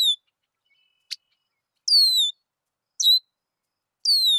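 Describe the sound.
Red-winged blackbird calls: high descending whistles, some long and one clipped, with a short click, spaced about a second apart.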